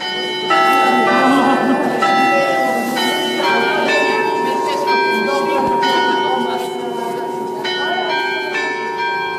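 Carillon chimes of the City Hall in Gdańsk ring out in a steady melodic sequence of bright, overlapping bell tones with long ringing harmonics, loud and continuous throughout, with a low hum and faint background murmur beneath, calling residents to the Silent March against violence.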